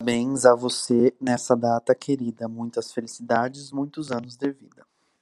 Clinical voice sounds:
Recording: short text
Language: Brazilian Portuguese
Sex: male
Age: 20 to 29 years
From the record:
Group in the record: control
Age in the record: 24 years

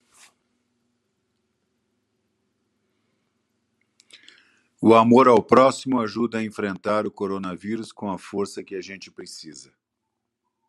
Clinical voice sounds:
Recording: spoken sentence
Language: Brazilian Portuguese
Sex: male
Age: 60 to 69 years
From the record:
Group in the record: control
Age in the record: 62 years

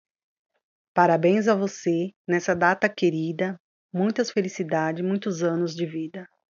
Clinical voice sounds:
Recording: short text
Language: Brazilian Portuguese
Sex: female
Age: 40 to 49 years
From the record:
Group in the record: control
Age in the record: 42 years

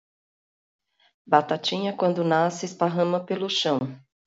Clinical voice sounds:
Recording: short text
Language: Brazilian Portuguese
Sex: female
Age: 40 to 49 years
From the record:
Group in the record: control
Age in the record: 49 years

